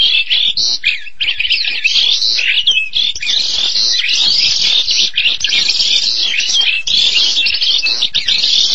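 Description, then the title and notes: Starling song, a sustained rush of whistled squeaks, buzzes and chattering notes with few pauses. "suara burung jalak"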